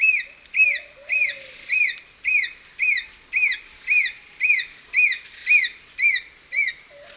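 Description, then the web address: Brown nunlet singing a long, evenly paced series of many high, arched whistled notes, about two per second, with a lower whistle near the start and end. Eastern lowlands of South America. "Natures Songs S America Eastern Lowlands. Brown Nunlet"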